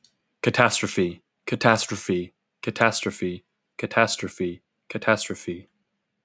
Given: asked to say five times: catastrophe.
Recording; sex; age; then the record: repeated word; male; 18 to 19 years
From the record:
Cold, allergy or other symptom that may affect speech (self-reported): no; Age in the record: 19 years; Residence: California, United States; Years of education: 13